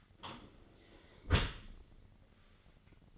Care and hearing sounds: daily activity, microphone in the room; close dishwasher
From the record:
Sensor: 4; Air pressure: 1003.9 hPa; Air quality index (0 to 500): 152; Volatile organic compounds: 2 ppm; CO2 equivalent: 1086 ppm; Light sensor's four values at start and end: 22/53/22/23 and 21/51/21/22

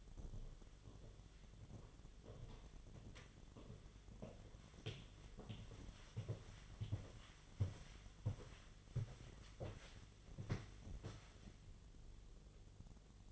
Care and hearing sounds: daily activity, microphone in the room; walk to room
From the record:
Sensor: 4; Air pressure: 1010.9 hPa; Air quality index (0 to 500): 163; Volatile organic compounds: 4 ppm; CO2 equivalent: 1658 ppm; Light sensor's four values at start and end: 43/122/49/51 and 41/117/47/49

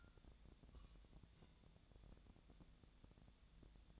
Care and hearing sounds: daily activity, microphone in the room; take from stove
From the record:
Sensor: 3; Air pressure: 1000.0 hPa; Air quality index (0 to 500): 127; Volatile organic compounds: 2 ppm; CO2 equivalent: 1138 ppm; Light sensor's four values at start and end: 42/106/45/50 and 42/106/45/50

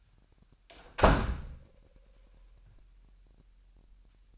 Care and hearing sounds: daily activity, microphone in the room; close door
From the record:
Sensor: 2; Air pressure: 998.2 hPa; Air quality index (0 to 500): 142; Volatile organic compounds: 4 ppm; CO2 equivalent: 1599 ppm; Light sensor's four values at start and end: 12/34/14/13 and 12/34/14/13

